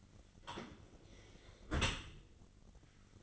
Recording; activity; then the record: daily activity, microphone in the room; close dishwasher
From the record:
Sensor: 4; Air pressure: 1003.9 hPa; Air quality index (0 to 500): 153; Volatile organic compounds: 2 ppm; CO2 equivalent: 1088 ppm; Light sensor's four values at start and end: 22/52/22/23 and 22/54/22/24